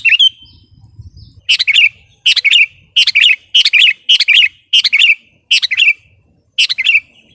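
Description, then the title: Sooty-headed bulbul singing a short, bright phrase with a falling tail, repeated about eight times in a steady series after an opening note. "kutilang"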